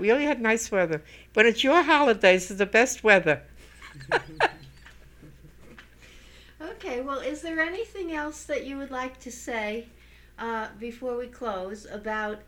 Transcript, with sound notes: We only have nice weather, but it's your holidays, it's the best weather." [Laughs]
Okay. Well, is there anything else that you would like to say before we close about